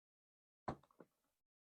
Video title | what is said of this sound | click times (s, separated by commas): How to Build a Gaming Computer with Origami Prime (and Spidey-Dad) | Oh, there was one. | 0.7 s